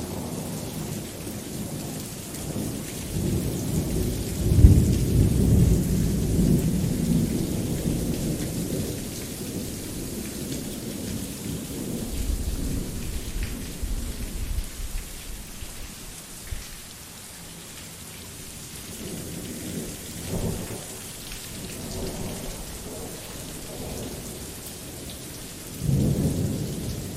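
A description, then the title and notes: Steady rain falls throughout, a dense, even hiss layered over a deep low rumble. Heavy rolling thunder swells near the start, peaking around five seconds, then fades into quieter murmurs, with another low rumble building again near the end. Soothing Rain Sounds.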